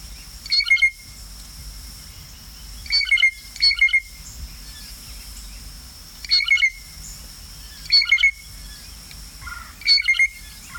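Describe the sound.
Blue jay calls, harsh squawking notes given singly or in pairs about every one to three seconds.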